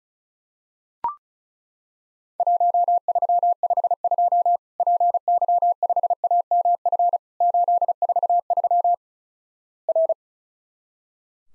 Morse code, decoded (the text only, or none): 1352 PY5AMF 843 R